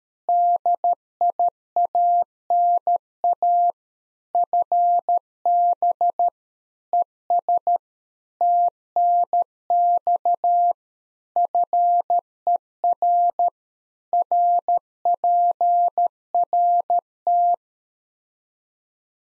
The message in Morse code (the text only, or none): DIANA FB ES TNX FER RPRT